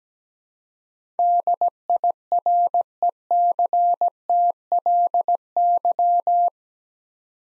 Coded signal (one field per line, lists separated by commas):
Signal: Morse code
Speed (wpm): 17 wpm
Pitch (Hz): 700 Hz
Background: none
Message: DIRECTLY